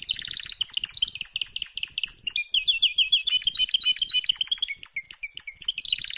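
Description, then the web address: Canary song, a dense run of bright chirps and fast trills switching between phrases, high-pitched and continuous throughout. "honarfardi Canary Sound"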